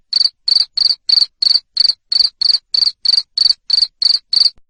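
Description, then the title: Cricket making loud, high, evenly spaced chirps, roughly three every second, with no other sounds. Loud cricket chirping (jangkrik ngerik) played to stimulate lovebirds to sing continuously (ngekek). "Suara JANGKRIK NGERIK Keras Bikin LOVEBIRD Jadi NGEKEK Terus Vubey"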